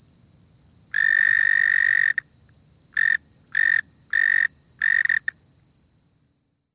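Mole cricket trilling in buzzy bursts, one long burst followed by several shorter ones, over a steady high-pitched whine and low rumbling background noise.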